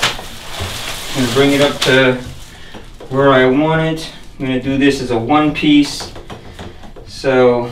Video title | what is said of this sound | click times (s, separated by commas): Luxury Shower Remodel - Gut & Float the Walls, Refinish the Plumbing, and install Marble Tiling | push the PEX right in. You're gonna feel it click. | 0.0 s